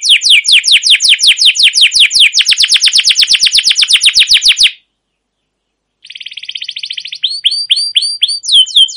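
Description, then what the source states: Canary singing a long rapid trill of repeated sweeping notes, then a pause of about a second and a buzzy roll leading into slower sweeping notes. Canary song recorded as a lure or training master for canaries, a long trilling rolled song described as cuit cuit ngerol, gacor panjang.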